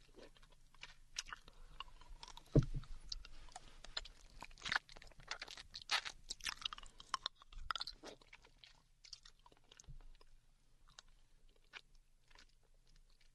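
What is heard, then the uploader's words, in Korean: A girlfriend eats candy, with irregular crunches and chewing clicks, a loud bite near 2.5 seconds, busiest until 8 seconds then quieter. 사탕 먹는 여친.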